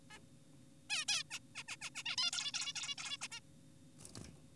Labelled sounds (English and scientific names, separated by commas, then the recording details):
Zebra Finch (Taeniopygia guttata)
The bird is an adult
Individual g4p5U